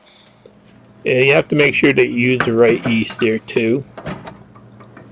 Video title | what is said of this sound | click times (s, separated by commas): Getting Started Baking With Home Ground Grains Using A Mockmill Grinder & Zojirushi Auto Bread Maker | so that this snaps down in the machine locks in place | 4.3 s